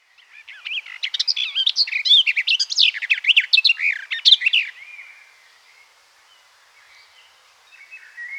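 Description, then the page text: Garden warbler song: a rapid, even, warbling babble of mellow notes lasting about four and a half seconds, then fading to faint scattered notes. "Garden Warbler Song. Quick Sounds"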